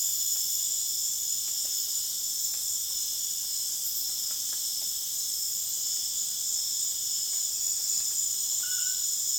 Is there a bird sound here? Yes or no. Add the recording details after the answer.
no. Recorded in dense forest near Puerto Asís, Putumayo, Colombia, on 29 June 2025 at 19:30. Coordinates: 0.484, -76.325. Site H65